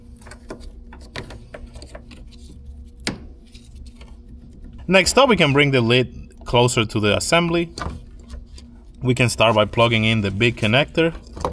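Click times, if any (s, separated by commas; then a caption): 3.1 s. A small fuel line connector is pushed onto its fitting on the fuel pump lid of a 2011-2016 Kia Optima fuel pump assembly during replacement. Some faint ticks and handling noises lead up to one loud, sharp click at 3.1 s, and the connector seats. Someone then talks.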